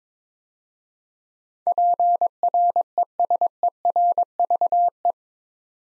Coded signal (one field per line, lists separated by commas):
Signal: Morse code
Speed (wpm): 22 wpm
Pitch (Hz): 700 Hz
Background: none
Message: PRESERVE